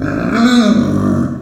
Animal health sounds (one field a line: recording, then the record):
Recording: squeal of a Yucatan mini pig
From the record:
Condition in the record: after surgery on the right vocal fold (resection and tissue-engineered implant)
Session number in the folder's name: 7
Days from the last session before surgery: 47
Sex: female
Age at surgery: 19 weeks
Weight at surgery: 25 kg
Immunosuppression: prednisolone